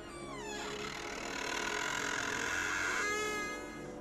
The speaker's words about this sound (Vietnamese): Hắn vừa định đưa tay đẩy cửa thì đột nhiên có tiếng cửa mở, nghe đến rợn người.